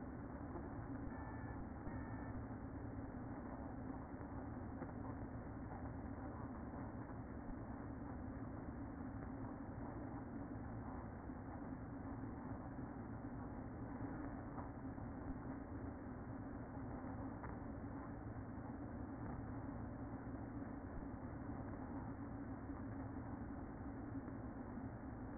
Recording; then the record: honeybee colony, microphone inside the hive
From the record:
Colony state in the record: queen present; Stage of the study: after two queens were removed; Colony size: about 60,000 bees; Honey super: yes